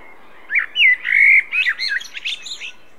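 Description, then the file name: Common blackbird singing one phrase: a rich, low fluted whistle that breaks into a rapid, squeaky, high-pitched twittering flourish. "Turdus merula"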